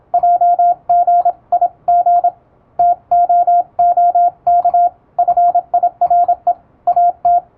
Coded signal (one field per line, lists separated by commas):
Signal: Morse code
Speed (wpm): 26 wpm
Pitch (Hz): 700 Hz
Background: radio noise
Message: JGIG TOOK FIRE AT